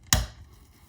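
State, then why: Seated. The spring of a medical gas wall outlet valve (Series B) is pushed down onto its poppet against a workbench. After a faint tap, a sharp, loud snap at 0.1 s marks the spring seating onto the poppet, followed by a quiet decay.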